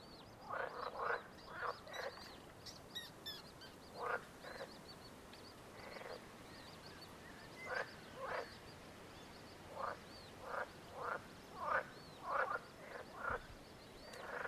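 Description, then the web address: Frog croaks in short rough bursts, many spaced irregularly throughout, with faint high chirps above them. In nature. "frognature"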